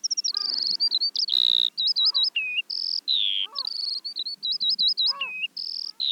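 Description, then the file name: Eurasian skylark song with wavering warbled phrases, bright whistles and quick trills, running on without a break. "veldleeuwerik"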